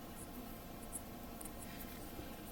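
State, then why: Not seated. A small plastic part from an HG 1/144 Trans Am Reborns Gundam model kit is picked up and lined up on the waist unit before being snapped in. Only faint handling sounds are heard, with light ticks around 1.0 and 1.4 seconds over a steady background hiss. Nothing has snapped into place yet.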